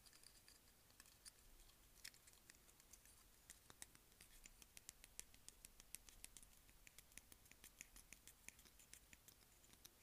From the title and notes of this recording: ASMR Claw Clip.